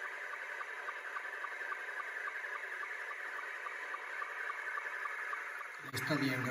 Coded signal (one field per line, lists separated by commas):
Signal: SSTV (slow-scan television)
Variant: Scottie 2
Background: speech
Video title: SSTV 27MHz 11m